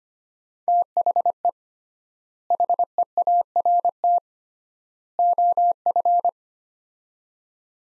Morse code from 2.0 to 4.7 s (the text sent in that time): HEART